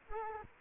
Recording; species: mosquito wingbeat signal from an infrared sensor; Culex quinquefasciatus